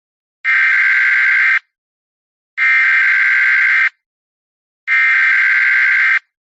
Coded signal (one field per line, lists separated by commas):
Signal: Emergency Alert System (SAME) tones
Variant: header bursts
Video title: EAS Scenario #4x01: Herobrine